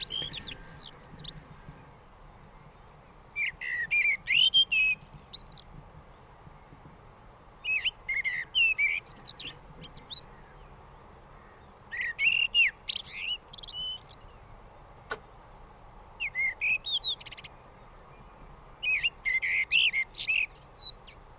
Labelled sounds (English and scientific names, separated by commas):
Common Blackbird (Turdus merula) song